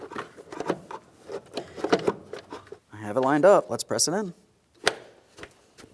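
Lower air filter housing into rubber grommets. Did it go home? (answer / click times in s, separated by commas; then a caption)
yes / 4.9 s. Someone talks while a plastic lower air filter housing on a 2007-2014 Ford Edge 3.5L, with lubricant applied, is lined up and pressed straight down so its two locating tabs go into rubber grommets. A sharp click is heard at 4.9 s, and the housing is confirmed seated in the grommets.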